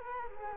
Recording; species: mosquito wingbeat signal from an infrared sensor; Culex quinquefasciatus